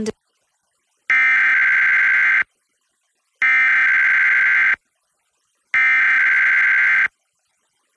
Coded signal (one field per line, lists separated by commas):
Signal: Emergency Alert System (SAME) tones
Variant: header bursts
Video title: EAS #1022-1023: 2 EAS Required Monthly Tests- Nov. 7, 2024- 10:15AM PST